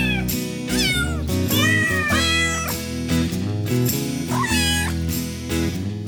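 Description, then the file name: Cat meows, drawn-out arching cries rising then falling, several in quick succession over steady musical tones. "Myaukane"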